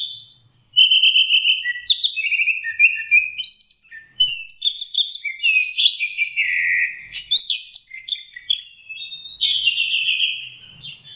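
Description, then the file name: Orange-headed thrush song, a long, rapid run of varied whistled and warbled phrases, some trilled, sliding between high and mid pitches with hardly a pause. Indonesian name anis merah; masteran, a training recording for teaching songs to birds. "suara masteran anis merah"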